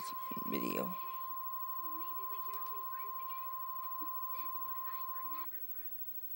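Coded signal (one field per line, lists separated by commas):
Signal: Emergency Alert System (SAME) tones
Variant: 1050 Hz attention tone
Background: speech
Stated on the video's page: Mock EAS tornado warning, not a real alert.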